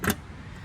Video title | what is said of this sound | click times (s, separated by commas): Colorado Timing Systems Gen7: Computer Set Up | when you hear a satisfying click it is now in | 0.1 s